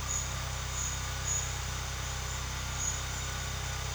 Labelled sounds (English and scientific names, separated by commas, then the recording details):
none
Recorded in secondary vegetation near Puerto Asís, Putumayo, Colombia, on 22 June 2025 at 12:00
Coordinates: 0.485, -76.322
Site GP06